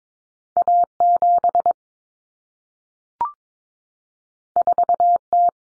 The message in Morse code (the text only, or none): A7 4T